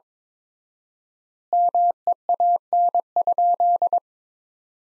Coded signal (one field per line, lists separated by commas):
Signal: Morse code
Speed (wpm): 22 wpm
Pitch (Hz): 700 Hz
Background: none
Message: MEAN?